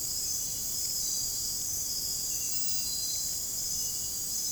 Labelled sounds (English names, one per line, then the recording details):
none
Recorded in dense forest near Puerto Asís, Putumayo, Colombia, on 29 June 2025 at 00:30
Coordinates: 0.503, -76.323
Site G059